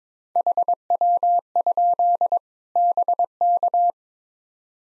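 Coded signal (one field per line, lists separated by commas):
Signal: Morse code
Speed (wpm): 22 wpm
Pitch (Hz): 700 Hz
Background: none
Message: HW? BK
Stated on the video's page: Morse at 22 wpm: practice one-sided QSO drill covering RST, QTH, name, rig, antenna, weather, age, occupation, each segment sent, spoken, then resent.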